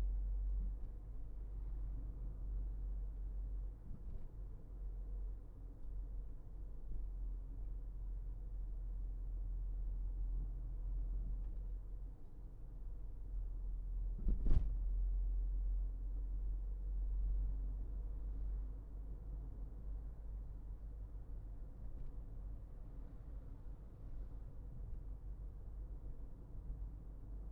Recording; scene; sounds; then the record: everyday scene through a hearing-aid microphone; in a vehicle; engine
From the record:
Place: Berlingo II, diesel engine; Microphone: behind the ear, left, rear